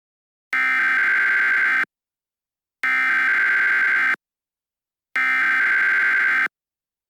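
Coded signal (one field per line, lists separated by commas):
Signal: Emergency Alert System (SAME) tones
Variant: header bursts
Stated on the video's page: Fictional scenario alert, self-made, containing valid tones.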